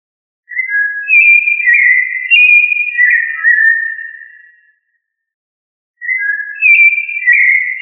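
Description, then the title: Thrush singing a sequence of sweet, slurred whistled notes that rise and fall, then falls silent briefly before starting a new phrase. "Familia Turdidae - Sabia"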